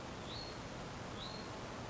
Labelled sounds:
Hutton's Vireo (Vireo huttoni)

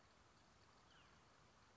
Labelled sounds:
Western Tanager (Piranga ludoviciana)

